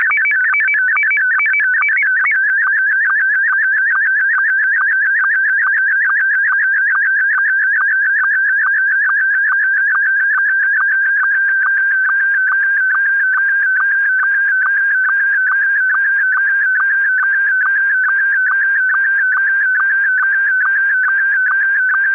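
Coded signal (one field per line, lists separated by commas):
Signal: SSTV (slow-scan television)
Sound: short leader tones, then a steady warbling whine with regular quick ticking dips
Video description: I have included SSTV Audio Examples for you to test with.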